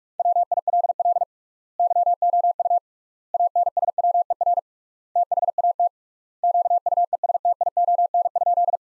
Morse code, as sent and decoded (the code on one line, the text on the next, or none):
.-- .. .-.. .-.. / -.-- --- ..- / .- -. ... .-- . .-. / - .... .- - / --.- ..- . ... - .. --- -. ..--..
WILL YOU ANSWER THAT QUESTION?